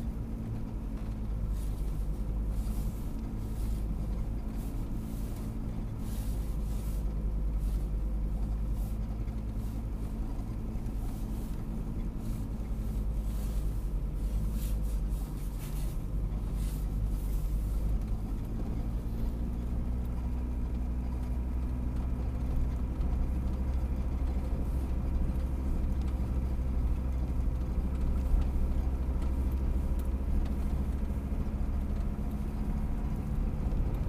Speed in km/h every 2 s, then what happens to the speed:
16, 16, 17, 18, 17, 16, 15, 14, 16, 19, 20, 20, 20, 20, 21, 23, 24.
0-34 speeds up to 24.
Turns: none.